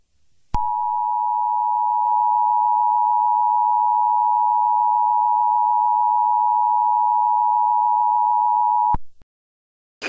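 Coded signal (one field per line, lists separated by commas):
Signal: Emergency Alert System (SAME) tones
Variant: 853 and 960 Hz attention tone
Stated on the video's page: Nationwide Emergency Alert System test, marred by echoes and SAME headers sounding over the voiceover; edited in audio software.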